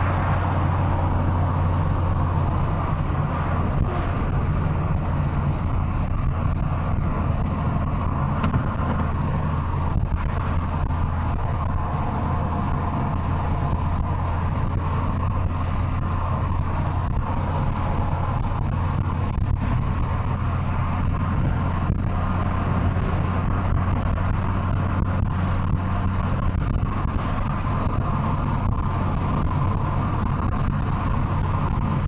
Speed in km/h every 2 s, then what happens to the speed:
102, 99, 96, 95, 94, 94, 96, 100, 102, 101, 103, 104, 106, 107, 105, 103.
0-10 slows to 94. 10-25 speeds up to 107. 25-32 steady at about 105.